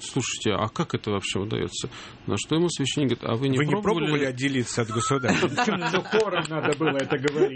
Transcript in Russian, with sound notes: «Слушайте, а как это вообще удается?» На что ему священник говорит: «А вы не пробовали отделиться от государства?» (все смеются) Причем, хором надо было говорить.